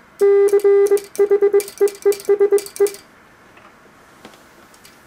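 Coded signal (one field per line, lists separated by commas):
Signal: Morse code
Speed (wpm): 21 wpm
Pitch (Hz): 400 Hz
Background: none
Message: CHEESE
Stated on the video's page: Morse sent on a 1906 Vibroplex bug, testing its speed control.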